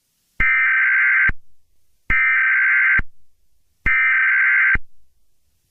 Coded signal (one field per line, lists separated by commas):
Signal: Emergency Alert System (SAME) tones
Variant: header bursts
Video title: SCARY EAS #scary #horror